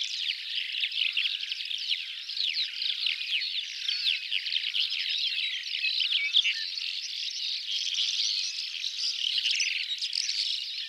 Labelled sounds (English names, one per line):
Calandra Lark song